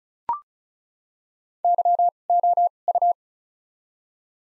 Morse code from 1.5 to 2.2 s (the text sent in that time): Y